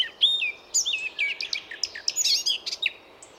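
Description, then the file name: Eurasian blackcap pouring out a fast, dense warble of bright whistled and chattering notes for about three seconds. "Sylvia atricapilla"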